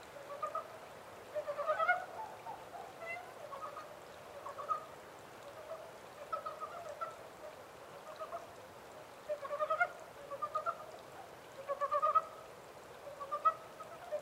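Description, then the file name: Japanese mountain brown frog producing repeated bursts of rapid throaty pulses throughout, several runs close together, over a low background hiss. Recorded 14 April 2010 at 03:17. "yamaakagaeru-20100414-0317"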